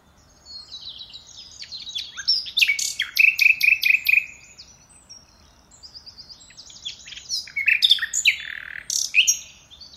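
Common nightingale singing varied phrases, with thin high whistles, a fast rattling run of clicking notes and sharp repeated chirps, then another busy burst after a brief lull.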